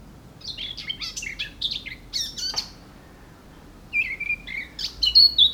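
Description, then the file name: Eurasian blackcap song: scratchy, chattering notes for about two seconds, a brief pause, then clearer whistled phrases near the end. "Sylvia atricapilla"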